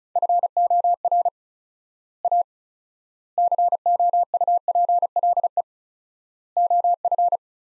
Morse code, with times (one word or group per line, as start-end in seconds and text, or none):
0.2-1.3 FOR
2.2-2.4 A
3.4-5.6 COUPLE
6.6-7.4 OF